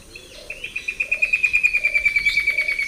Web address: Natures Songs S America Eastern Lowlands Dendroplex picus, 2 song types